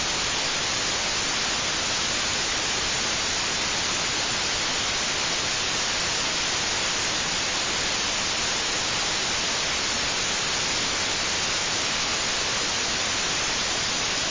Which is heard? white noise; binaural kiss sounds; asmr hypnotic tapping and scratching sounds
white noise